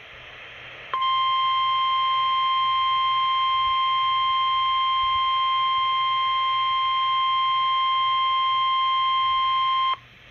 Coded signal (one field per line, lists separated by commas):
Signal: Emergency Alert System (SAME) tones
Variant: 1050 Hz attention tone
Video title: Required Weekly Test (EAS #4)